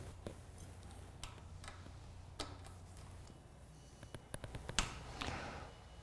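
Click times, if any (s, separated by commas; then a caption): 4.8 s. A click-type torque wrench tightens a pinch bolt on the crank arm of a two-piece compression slotted crank (Hollowtech II, FSA) to the manufacturer's torque. Sharp ratcheting ticks come first, then a louder click at 4.8 s as the wrench reaches its setting.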